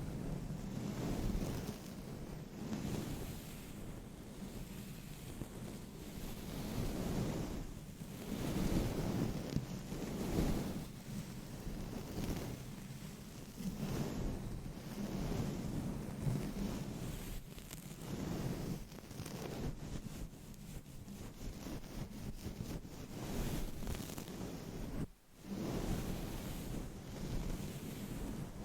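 Scratching and rubbing on microphones makes a dense, muffled, rumbling sound that swells and fades every couple of seconds, like surf or wind gusts. Faint crackly scratches flicker through, thickening after about 17 seconds, and a brief sudden drop comes near 25 seconds.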